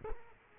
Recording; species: mosquito wingbeat signal from an infrared sensor; Culex quinquefasciatus